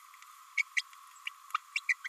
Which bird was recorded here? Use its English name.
Green-rumped Parrotlet